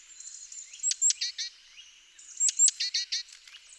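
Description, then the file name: Great tit calls: two sharp high ticks followed by a run of harsh, buzzy churring notes, given twice, over a steady high hiss. "Parus major"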